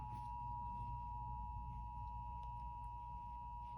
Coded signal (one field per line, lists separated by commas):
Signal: Emergency Alert System (SAME) tones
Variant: 853 and 960 Hz attention tone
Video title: EAS Child Abduction Emergency. (7/26/22)